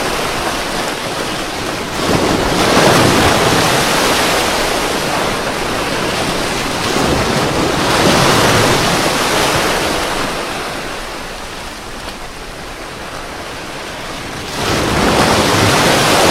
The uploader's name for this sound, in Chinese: 海浪声 白噪音